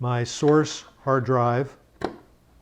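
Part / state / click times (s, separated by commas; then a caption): hard drive into dock slot / seated / 2.1 s. A small source hard drive, the original one to be cloned onto a bigger drive, is pushed down into the source slot of a Wavlink hard drive cloning dock while someone talks. After the talking stops, one sharp hit at 2.1 s marks the drive snapping into the slot and seating.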